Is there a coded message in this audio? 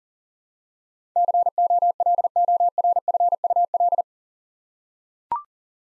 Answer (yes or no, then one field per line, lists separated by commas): yes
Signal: Morse code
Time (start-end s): 1.2-4.0 s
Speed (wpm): 40 wpm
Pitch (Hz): 700 Hz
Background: none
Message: COLORFUL